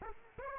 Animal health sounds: mosquito wingbeat signal from an infrared sensor; Aedes aegypti

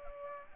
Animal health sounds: mosquito wingbeat signal from an infrared sensor; Culex pipiens

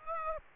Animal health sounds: mosquito wingbeat signal from an infrared sensor; Aedes aegypti

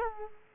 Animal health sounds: mosquito wingbeat signal from an infrared sensor; Culex quinquefasciatus

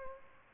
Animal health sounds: mosquito wingbeat signal from an infrared sensor; Aedes albopictus

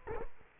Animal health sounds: mosquito wingbeat signal from an infrared sensor; Culex quinquefasciatus

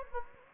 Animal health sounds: mosquito wingbeat signal from an infrared sensor; Anopheles gambiae

